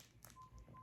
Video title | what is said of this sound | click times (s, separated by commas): Nursing School: BSN 206-13 Colostomy Care Video | making sure to be gentle and then you want to hear those clicking sounds to make sure that it's all locked in | 0.2 s, 0.3 s